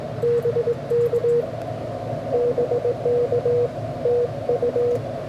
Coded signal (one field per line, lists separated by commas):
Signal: Morse code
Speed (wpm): 20 wpm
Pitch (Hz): 470 Hz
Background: radio noise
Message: BK BK TU